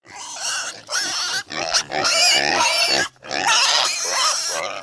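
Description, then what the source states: Pig squeals, high and strained, come in several bursts separated by short gaps. Piglets.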